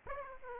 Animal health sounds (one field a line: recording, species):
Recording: mosquito wingbeat signal from an infrared sensor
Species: Aedes aegypti